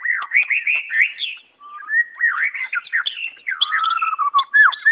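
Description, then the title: White-rumped Shama song, clear fluty whistled phrases rising and falling, linked into a flowing varied melody with brief gaps. "murai batu"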